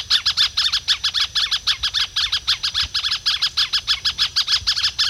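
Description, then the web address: Bird giving a fast run of many harsh, squawky notes in a steady, even rhythm throughout. "cantos espirojiza"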